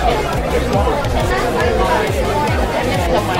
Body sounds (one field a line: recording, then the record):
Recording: background sound without coughing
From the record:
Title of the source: Nightlife Party Simulating Party Club Noise 1 Hour